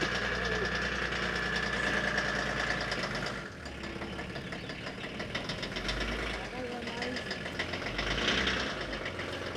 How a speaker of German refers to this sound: Ach, und hier ist wieder dieser Bus.